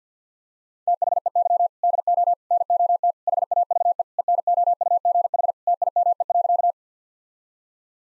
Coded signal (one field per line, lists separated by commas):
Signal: Morse code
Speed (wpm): 50 wpm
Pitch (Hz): 700 Hz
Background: none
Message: THEY DO NOT HAVE ENOUGH TIME.